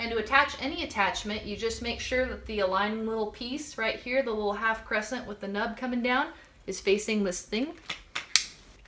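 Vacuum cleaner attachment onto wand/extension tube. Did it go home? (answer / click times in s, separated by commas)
yes / 8.4 s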